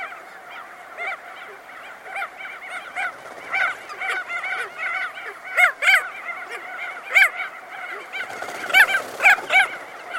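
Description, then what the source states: Crested auklet honks, loud, nasal and harmonic, come in irregular bursts. They stand out clearly over a quieter background colony chorus. Close-up recording.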